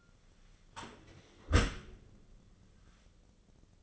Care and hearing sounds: daily activity, microphone in the room; close dishwasher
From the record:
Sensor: 4

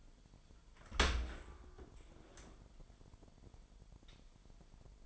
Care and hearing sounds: daily activity, microphone in the room; open dishwasher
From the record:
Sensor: 5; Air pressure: 998.4 hPa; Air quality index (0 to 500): 82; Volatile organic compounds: 1 ppm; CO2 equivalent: 932 ppm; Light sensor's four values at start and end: 21/49/21/23 and 21/50/21/23

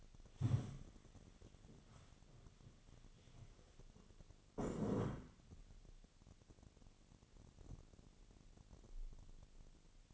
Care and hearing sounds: daily activity, microphone in the room; stand up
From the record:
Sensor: 4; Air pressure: 1001.2 hPa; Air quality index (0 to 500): 183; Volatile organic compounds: 2 ppm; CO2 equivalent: 1314 ppm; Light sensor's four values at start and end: 14/33/13/14 and 14/33/13/13

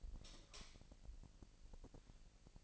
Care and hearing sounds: daily activity, microphone in the room; light off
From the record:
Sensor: 5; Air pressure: 1002.0 hPa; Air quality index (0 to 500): 225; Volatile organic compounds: 29 ppm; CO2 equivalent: 2939 ppm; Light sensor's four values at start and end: 15/36/15/16 and 15/35/14/16

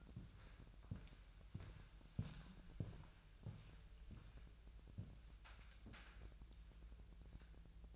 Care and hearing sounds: daily activity, microphone in the room; walk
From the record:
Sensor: 2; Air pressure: 1001.9 hPa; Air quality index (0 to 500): 232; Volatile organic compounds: 60 ppm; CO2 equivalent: 3422 ppm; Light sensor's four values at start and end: 7/16/7/7 and 7/17/7/7

